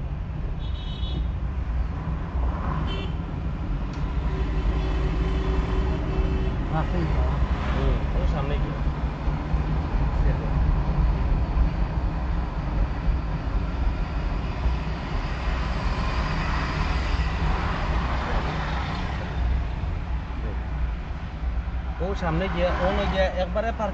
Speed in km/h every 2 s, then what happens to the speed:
24, 19, 17, 16, 22, 27, 31, 33, 30, 27, 23, 19.
0-7 slows to 16. 7-14 speeds up to 33. 14-24 slows to 19.